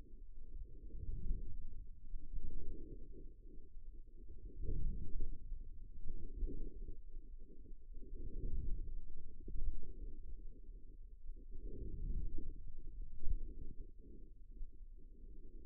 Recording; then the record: forearm muscle sounds (acoustic myography)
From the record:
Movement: outward rotation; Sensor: system 2, bracelet of six BSWA MPA416 microphones around the upper forearm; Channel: 4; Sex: male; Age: 22 years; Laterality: right